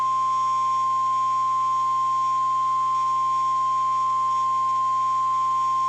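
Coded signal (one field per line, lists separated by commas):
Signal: Emergency Alert System (SAME) tones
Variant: 1050 Hz attention tone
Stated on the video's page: NOAA Weather Radio severe thunderstorm watch alert, screen recorded from a weather radio app.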